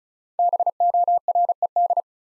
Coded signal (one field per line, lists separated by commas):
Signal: Morse code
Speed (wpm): 36 wpm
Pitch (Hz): 700 Hz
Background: none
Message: BORED